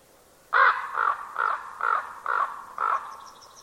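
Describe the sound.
Bird giving six harsh, hoarse caws in a quick series, about two per second, the first loudest; faint high chirps follow near the end.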